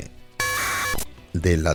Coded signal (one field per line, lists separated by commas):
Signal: packet radio (AX.25, as in APRS)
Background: speech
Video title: Interface para #APRS por menos de 3 euros.